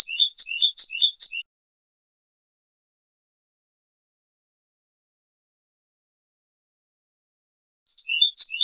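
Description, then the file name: European goldfinch song in short bursts of repeated twittering chirp phrases, separated by a long stretch of silence. "audio burung goldfinch"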